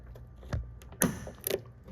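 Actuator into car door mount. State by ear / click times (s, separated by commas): seated / 1.0 s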